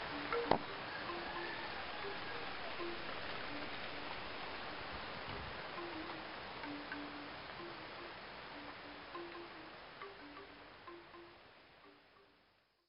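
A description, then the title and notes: Steady rain hisses down over an afternoon while bamboo wind chimes knock out soft, hollow tones in a loose, irregular pattern throughout. A sharp click sounds near the start, and the rain's wash thins gradually before the sound fades out at the end. A rainy afternoon (with bamboo wind chimes) in Ubud at a Balinese Traditional Healing shop on the island of Bali, Indonesia. Rainy afternoon bamboo wind chimes.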